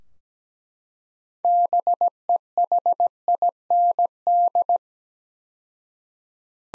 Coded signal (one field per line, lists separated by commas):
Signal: Morse code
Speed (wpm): 17 wpm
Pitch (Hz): 700 Hz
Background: none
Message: BEHIND